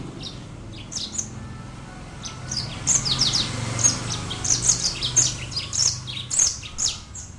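Brimstone canary giving quiet, high chirps that build into a brisk, jumbled warble in the second half, over faint low background noise.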